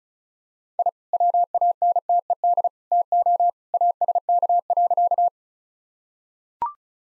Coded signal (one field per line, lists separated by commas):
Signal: Morse code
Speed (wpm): 36 wpm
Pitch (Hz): 700 Hz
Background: none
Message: I WANTED TO ASK.